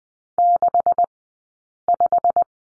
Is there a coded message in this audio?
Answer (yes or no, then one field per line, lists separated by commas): yes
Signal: Morse code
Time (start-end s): 0.4-2.4 s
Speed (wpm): 20 wpm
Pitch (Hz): 700 Hz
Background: none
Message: 65